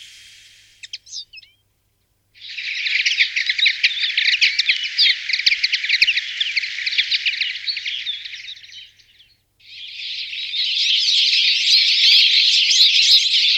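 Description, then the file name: Common linnet song: a brief opening, then a long run of rapid, dense twittering and chirping, a short pause, and another sustained twittering stretch. "linotte"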